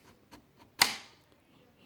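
An ambidextrous selector handle is swung in and pressed into place over the detent spring of an AR-15 rifle's safety selector, before the retaining screw is tightened back down. After a few faint ticks, a single sharp metallic click rings out at 0.8 s and decays over about half a second, showing the selector lever has seated into its detent.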